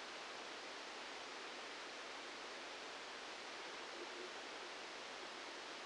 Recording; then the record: brain microelectrode recording played as sound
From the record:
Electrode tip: outside the subthalamic nucleus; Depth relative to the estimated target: -3 mm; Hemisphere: right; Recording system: NeuroSet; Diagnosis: Parkinson's disease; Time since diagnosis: 9 years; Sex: male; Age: 56 years